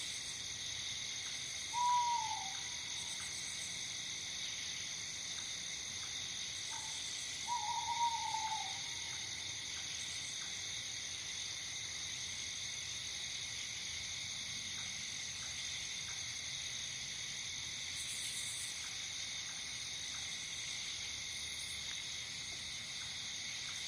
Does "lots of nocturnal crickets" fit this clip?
yes